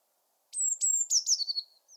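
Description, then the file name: Eurasian blue tit: a few high thin notes tumbling down into a brief buzzy churr, with one short whistle after it. "Cyanistes caeruleus"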